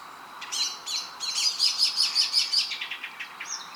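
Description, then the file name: Eurasian wren song, a rapid run of high, sharp notes forming an energetic trill over light background hiss. "Troglodytes troglodytes"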